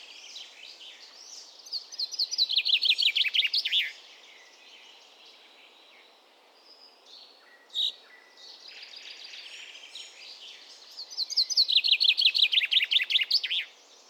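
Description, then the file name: Common chaffinch song: two fast rattling trills, each descending and ending in a flourish, about ten seconds apart, with scattered short chirps between. "Fringilla coelebs"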